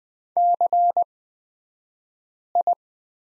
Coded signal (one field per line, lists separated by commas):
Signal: Morse code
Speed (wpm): 20 wpm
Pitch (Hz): 700 Hz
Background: none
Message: CI